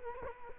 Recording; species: mosquito wingbeat signal from an infrared sensor; Culex quinquefasciatus